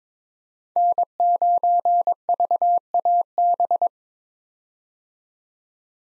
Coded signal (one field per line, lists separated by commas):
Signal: Morse code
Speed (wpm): 22 wpm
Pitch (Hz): 700 Hz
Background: none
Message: N9VAB